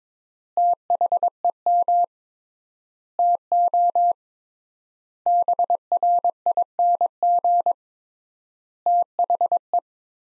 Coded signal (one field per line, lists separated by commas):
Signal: Morse code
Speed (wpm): 22 wpm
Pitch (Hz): 700 Hz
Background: none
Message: THEM TO BRING THE